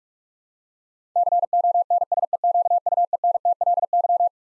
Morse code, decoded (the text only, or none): CONSEQUENTLY